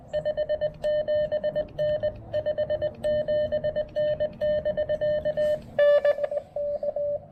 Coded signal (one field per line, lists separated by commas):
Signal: Morse code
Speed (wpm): 19 wpm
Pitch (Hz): 590 Hz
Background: none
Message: 57N 57N <BK> NK